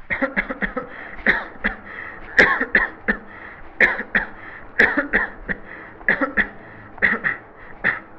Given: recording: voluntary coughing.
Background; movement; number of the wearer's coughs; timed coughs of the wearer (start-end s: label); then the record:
traffic; sitting; 18
0.08-0.35 s: cough
0.34-0.57 s: cough
0.60-0.91 s: cough
1.24-1.51 s: cough
1.63-1.81 s: cough
2.36-2.71 s: cough
2.72-2.95 s: cough
3.06-3.29 s: cough
3.78-4.06 s: cough
4.12-4.36 s: cough
4.77-5.13 s: cough
5.11-5.38 s: cough
5.47-5.65 s: cough
6.05-6.35 s: cough
6.35-6.57 s: cough
7.00-7.22 s: cough
7.23-7.46 s: cough
7.82-8.06 s: cough
From the record:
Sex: male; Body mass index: 22.0 kg/m2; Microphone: on the chest, facing the body